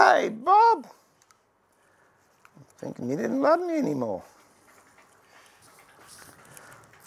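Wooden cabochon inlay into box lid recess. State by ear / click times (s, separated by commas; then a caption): seated / 6.6 s. A cabochon-shaped wooden inlay piece is pressed into its cut-out recess in a box lid for gluing, with someone talking earlier in the clip. It clicks into the recess at about 6.6 seconds, seating in place.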